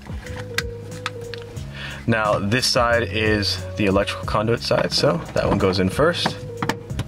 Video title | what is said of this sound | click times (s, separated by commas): Audi Q5 LED Interior Lights - How To Install - 1st Gen (2013+) | And you make sure it clicks in right here. | 0.6 s, 1.1 s